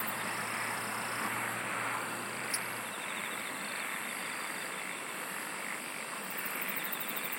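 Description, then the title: Insects singing in a dense, steady chorus, a continuous high hiss with a fainter pulsing band and brief high buzzy bursts near the start and end. "SINGING OF INSECTS"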